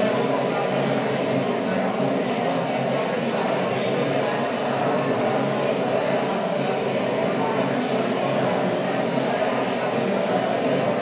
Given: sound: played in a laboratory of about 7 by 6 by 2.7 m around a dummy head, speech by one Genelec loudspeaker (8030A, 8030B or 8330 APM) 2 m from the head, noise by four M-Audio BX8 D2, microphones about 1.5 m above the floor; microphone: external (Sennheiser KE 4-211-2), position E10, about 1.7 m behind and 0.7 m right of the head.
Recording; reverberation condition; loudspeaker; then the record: babble noise; high; four, about 170 cm from the corners of the room and facing them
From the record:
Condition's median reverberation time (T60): about 1300 ms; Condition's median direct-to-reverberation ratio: about -4.0 dB